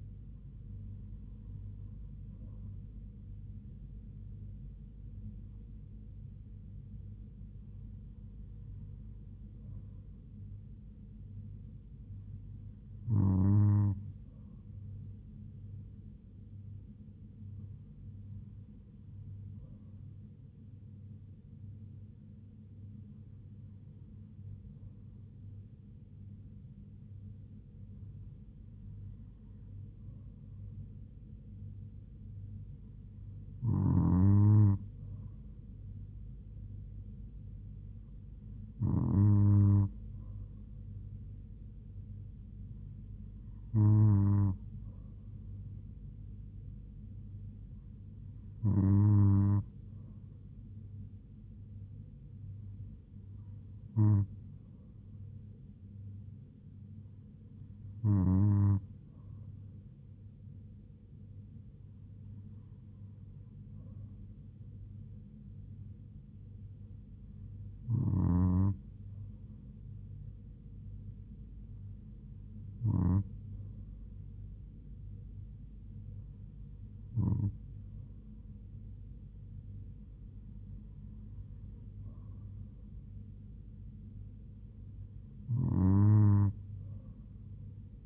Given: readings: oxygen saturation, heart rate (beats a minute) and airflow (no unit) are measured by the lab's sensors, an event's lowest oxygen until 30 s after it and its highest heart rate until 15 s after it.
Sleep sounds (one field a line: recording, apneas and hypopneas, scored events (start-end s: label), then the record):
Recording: breathing in sleep by a smartphone at the bedside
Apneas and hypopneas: none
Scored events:
none scored
From the record:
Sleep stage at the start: N2 (light sleep)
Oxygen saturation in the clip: 96 to 97%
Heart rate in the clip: 70 to 78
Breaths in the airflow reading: 19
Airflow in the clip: -3.2 to 2.3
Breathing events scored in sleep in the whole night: 158 in 7.3 hours asleep